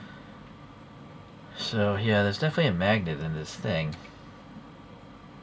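A part of a 3D-printed B-17 model airplane is handled near its magnetic mount while someone talks from about 1.6 to 4.0 seconds over a steady low background hiss. The clip ends just before the part goes home, and nothing has seated or clicked yet.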